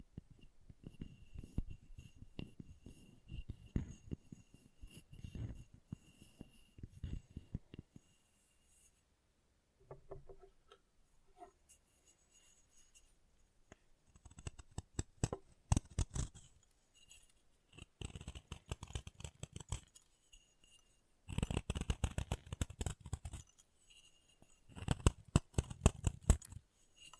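Chalk being carved and cut with a blade, in bursts of quick, dry scraping and tapping strokes. Busy scraping fills the first nine seconds, then a quieter stretch of a few light clicks, before dense scratchy bursts return around 15, 19, 22 and 25 seconds.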